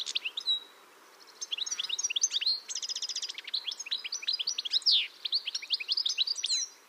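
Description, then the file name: European goldfinch giving rapid, liquid twittering calls, tinkling notes and short buzzy trills in bursts with brief pauses, high-pitched and bright throughout. "Steglits"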